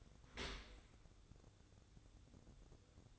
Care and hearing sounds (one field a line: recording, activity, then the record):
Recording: daily activity, microphone in the room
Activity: open dishwasher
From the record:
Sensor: 3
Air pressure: 1012.3 hPa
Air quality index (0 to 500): 161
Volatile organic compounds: 2 ppm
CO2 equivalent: 1233 ppm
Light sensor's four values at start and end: 431/1056/432/421 and 433/1063/435/423